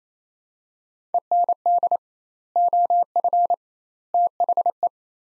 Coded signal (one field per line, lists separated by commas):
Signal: Morse code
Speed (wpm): 28 wpm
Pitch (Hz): 700 Hz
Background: none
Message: END OF THE